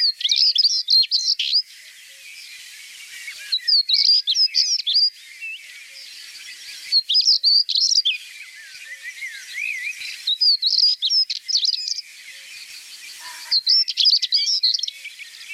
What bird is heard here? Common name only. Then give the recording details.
European Stonechat. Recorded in the wild. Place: Waltershofen / Freiburg im Breisgau, Baden-Württemberg, DE. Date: 1979-05-10. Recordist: Schwarz, Dieter